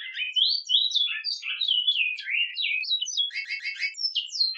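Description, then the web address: Great-billed seed-finch song of quick rising and falling whistled notes strung together without pause, with a harsh buzzy trill of repeated notes toward the close. Brotero song style. "cantos brotero"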